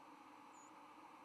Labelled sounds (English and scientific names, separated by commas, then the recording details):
White-throated Sparrow (Zonotrichia albicollis) flight call
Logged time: 05:31 on 10 November 2014